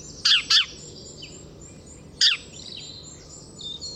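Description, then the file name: House sparrow chirps, a quick pair of sharp notes then single chirps after a pause, over soft high twittering. "Passer domesticus"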